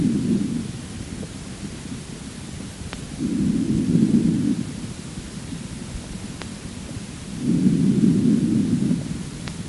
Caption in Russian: Над всеми другими отделами легких в норме выслушивается везикулярное дыхание.